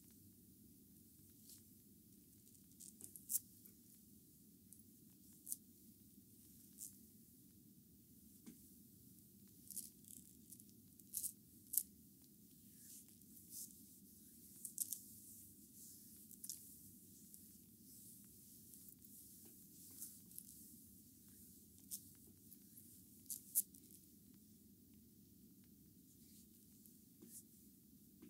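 Bamboo brooms swish and tap during a massage, making quick, bright, bristly rustles that come in irregular bursts every second or so, with sharper clicks around the middle. Beneath them runs a steady, even low hum throughout.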